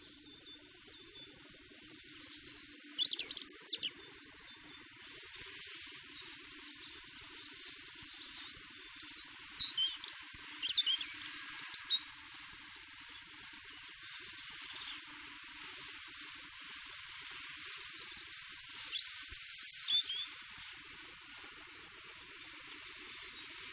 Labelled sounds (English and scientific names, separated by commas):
European Robin (Erithacus rubecula) song